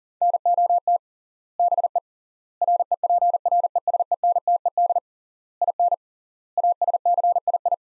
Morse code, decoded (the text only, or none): NOT BE REPRESENTED IN ASCII